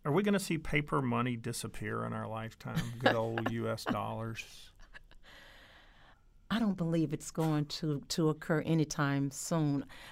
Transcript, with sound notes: Are we going to see paper money disappear in our lifetime, good ol' U.S. dollars?
[laughter] I don't believe it's going to occur any time soon.